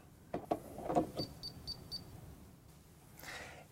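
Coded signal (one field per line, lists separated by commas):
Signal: beep code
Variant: ROAM remote control receiver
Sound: plastic clicks of plugging in, then four quick high-pitched beeps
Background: handling clicks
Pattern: 4 short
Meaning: Power is on and the receiver is ready to learn a new address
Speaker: that four beeps means one I have power and two I'm ready to learn a new address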